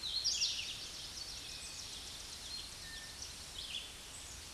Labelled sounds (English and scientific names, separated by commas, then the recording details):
Red-eyed Vireo (Vireo olivaceus) song
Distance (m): 45 m
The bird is about 30 m above the microphone
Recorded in a Pennsylvania forest on 16 May 2024 at 08:29
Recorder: AudioMoth, point MSD-2095
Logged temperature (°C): 16.3 °C
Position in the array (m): 176 m, 73 m